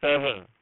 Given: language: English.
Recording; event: throat vibration sensor signal played as sound; speech